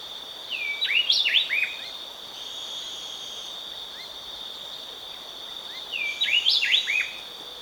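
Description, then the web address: Speckle-breasted wren singing: two short bright whistled phrases of rising and falling notes about five seconds apart, with constant high-pitched insect hum behind. Ecuador. "Birds of Ecuador Speckle-breasted Wren"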